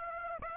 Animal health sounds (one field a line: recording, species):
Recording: mosquito wingbeat signal from an infrared sensor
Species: Aedes aegypti